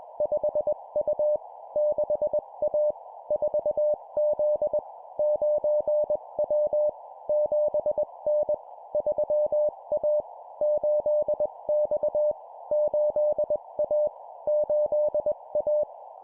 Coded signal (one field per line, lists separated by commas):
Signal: Morse code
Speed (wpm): 21 wpm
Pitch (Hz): 600 Hz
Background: none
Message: 5U 6A 4Z 9W 7N 3A 8X 8A 8A